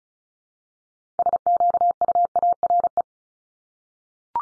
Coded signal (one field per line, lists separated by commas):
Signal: Morse code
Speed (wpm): 36 wpm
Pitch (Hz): 700 Hz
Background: none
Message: SQUARE